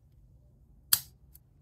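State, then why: Seated. A metal watch bracelet clasp on a Sinn U50 S BS is closed onto its latch to compare an original and a replacement OEM clasp after a small repair. It snaps shut with one sharp, bright click at 0.9 s, followed by a faint, tiny tick at 1.4 s, and the clasp is seated closed.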